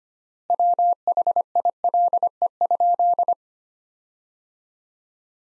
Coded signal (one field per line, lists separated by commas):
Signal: Morse code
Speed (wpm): 25 wpm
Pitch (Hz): 700 Hz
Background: none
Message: WHILE?